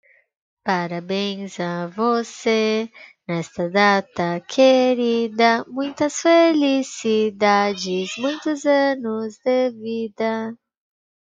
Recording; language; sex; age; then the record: short text; Brazilian Portuguese; female; 20 to 29 years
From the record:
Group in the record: control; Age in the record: 25 years